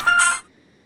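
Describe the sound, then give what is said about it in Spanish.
A single short burst of telephone ringing, a bright steady tone over a buzzy wash, lasting under half a second before cutting off into near silence. “Lo siento, teléfono. Os dejo que habléis.”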